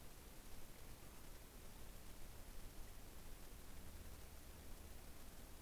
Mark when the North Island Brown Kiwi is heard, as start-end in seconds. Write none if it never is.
none